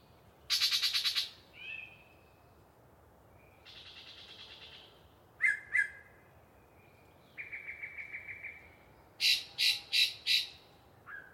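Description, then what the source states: Yellow-breasted chat singing varied phrases: a harsh chattering burst, a nasal slur, a buzzy phrase, two sharp notes, a pulsed series and four loud rapid notes. Long pre-dawn song by one very chatty bird in deciduous cover near the microphones.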